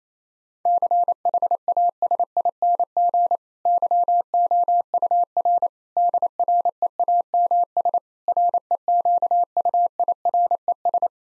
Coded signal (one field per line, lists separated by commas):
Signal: Morse code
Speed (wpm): 27 wpm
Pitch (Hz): 700 Hz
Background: none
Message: CHASING YOUR DREAMS REQUIRES